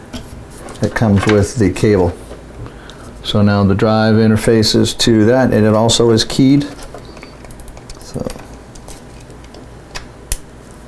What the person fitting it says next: and there's a little click that you can actually hear too